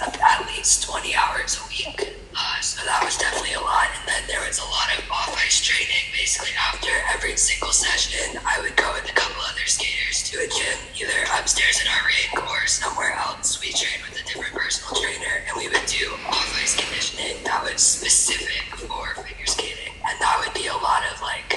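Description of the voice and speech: Fluent, connected speech from an adult woman in a voice that is mostly whispered and breathy, with little true voicing and a rough, airy quality throughout. Severe dysphonia: scar tissue surrounding the vocal cords keeps them from vibrating, a result of many repeated laser surgeries for a rare, chronic, incurable respiratory disease, up to 12 a year at one point.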